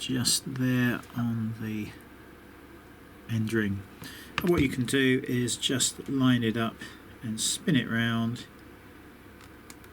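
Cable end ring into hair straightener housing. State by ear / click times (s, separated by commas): seated / 9.7 s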